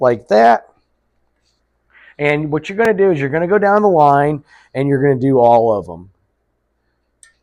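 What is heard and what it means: Someone talks as a clean, dry crankshaft main bearing shell is pressed into its main saddle in a small-block Chevy engine block, its tang lined up with the notch. After the talking stops there is a short, sharp tick at 7.2 s as the shell snaps into place and is seated.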